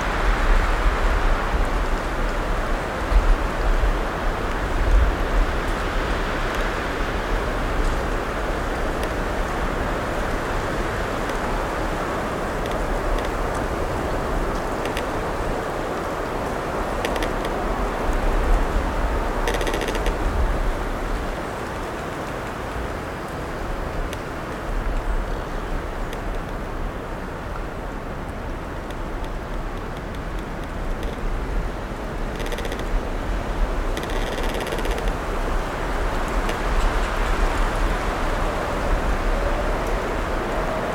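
Wind blows through a primeval forest in a steady, dense rush that sits mostly in the low and middle range. It swells a little in the first twenty seconds and then eases slightly. A few brief brighter ticks or crackles show up around 19, 33 and 35 seconds.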